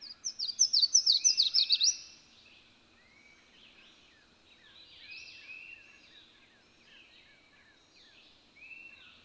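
Bird gives a loud, quick burst of high, down-slurred notes lasting two seconds, followed by softer, scattered bird notes and faint background noise.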